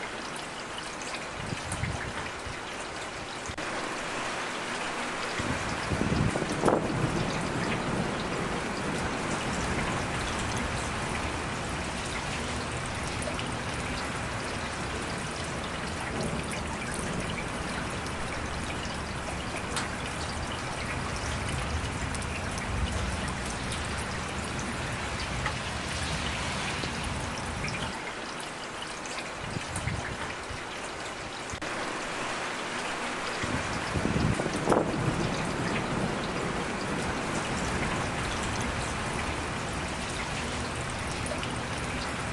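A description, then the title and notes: Thunder rumbles low and heavy beneath a steady hiss of rain that runs the whole time. The deep rolling swells in around six seconds, lingers through the middle, eases near the half-minute mark, then surges again around thirty-four seconds. Thounder sounds.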